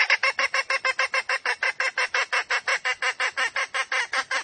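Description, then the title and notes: Junglefowl calls: rapid harsh clucks repeated steadily throughout. Female junglefowl; used as a lure to attract wild junglefowl. "Pancingan Ayam Hutan Betina. Suara Ayam Hutan Betina. Pemikat Ayam Hutan"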